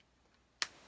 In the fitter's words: this piece should snap right into